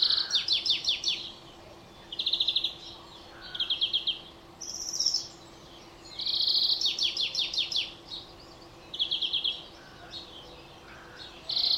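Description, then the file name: European greenfinch singing a run of rapid twittering trills and nasal buzzy notes, short phrases following one another with brief pauses, over a faint constant hum. "Chloris chloris"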